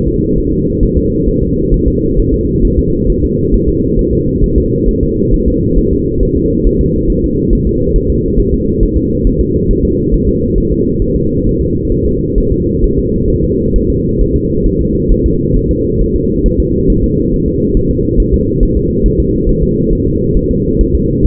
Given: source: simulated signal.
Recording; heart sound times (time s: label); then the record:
fetal heart sounds
0.08 s: S2
0.38 s: S1
0.52 s: S2
0.83 s: S1
0.97 s: S2
1.28 s: S1
1.43 s: S2
1.74 s: S1
1.88 s: S2
2.19 s: S1
2.34 s: S2
2.65 s: S1
2.79 s: S2
3.10 s: S1
3.24 s: S2
3.54 s: S1
3.69 s: S2
3.99 s: S1
4.13 s: S2
4.44 s: S1
4.58 s: S2
4.89 s: S1
5.03 s: S2
5.34 s: S1
5.48 s: S2
5.78 s: S1
5.93 s: S2
6.23 s: S1
6.37 s: S2
6.66 s: S1
6.81 s: S2
7.10 s: S1
7.24 s: S2
7.53 s: S1
7.67 s: S2
7.96 s: S1
8.10 s: S2
8.39 s: S1
8.54 s: S2
8.83 s: S1
8.97 s: S2
9.27 s: S1
9.41 s: S2
9.71 s: S1
9.85 s: S2
10.14 s: S1
10.28 s: S2
10.58 s: S1
10.72 s: S2
11.02 s: S1
11.16 s: S2
11.47 s: S1
11.61 s: S2
11.92 s: S1
12.06 s: S2
12.38 s: S1
12.52 s: S2
12.84 s: S1
12.98 s: S2
13.30 s: S1
13.44 s: S2
13.76 s: S1
13.90 s: S2
14.21 s: S1
14.36 s: S2
14.66 s: S1
14.81 s: S2
15.12 s: S1
15.26 s: S2
15.56 s: S1
15.71 s: S2
16.01 s: S1
16.16 s: S2
16.46 s: S1
16.60 s: S2
16.90 s: S1
17.04 s: S2
17.34 s: S1
17.48 s: S2
17.77 s: S1
17.91 s: S2
18.20 s: S1
18.34 s: S2
18.63 s: S1
18.77 s: S2
19.06 s: S1
19.20 s: S2
19.49 s: S1
19.63 s: S2
19.93 s: S1
20.07 s: S2
20.37 s: S1
20.51 s: S2
20.81 s: S1
20.95 s: S2
21.26 s: S1
From the record:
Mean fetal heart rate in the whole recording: 135 bpm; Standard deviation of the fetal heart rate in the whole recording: 3 bpm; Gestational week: 36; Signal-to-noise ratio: -10.2 dB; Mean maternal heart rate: 72 bpm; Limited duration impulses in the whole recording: present